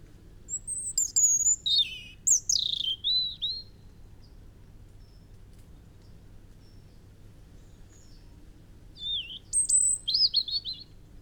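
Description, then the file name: European robin song: two high, tumbling phrases of thin warbled whistles and trills, separated by about five seconds of quiet, over a low steady rumble. "Erithacus rubecula"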